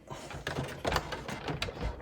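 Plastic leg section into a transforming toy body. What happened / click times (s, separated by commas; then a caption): The plastic leg section clicked into the body / 0.5 s. A plastic leg section of a Hasbro Age of the Primes Titan Class Trypticon transforming toy is lifted up into the body and clicks into place at 0.5 s, seating securely. Further sharp plastic clicks and rattles follow around 0.9 to 1.0 s, 1.1 to 1.3 s, and 1.6 s.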